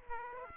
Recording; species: mosquito wingbeat signal from an infrared sensor; Aedes aegypti